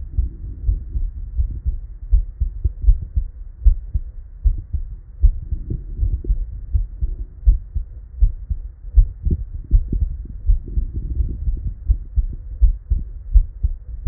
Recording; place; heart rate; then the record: heart sounds by stethoscope; Erb's point; 83 bpm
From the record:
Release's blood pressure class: normal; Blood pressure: 108/54 mmHg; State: at rest